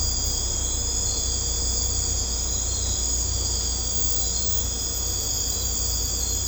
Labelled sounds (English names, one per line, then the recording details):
none
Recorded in secondary vegetation near Puerto Asís, Putumayo, Colombia, on 16 December 2024 at 23:30
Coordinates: 0.502, -76.326
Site G028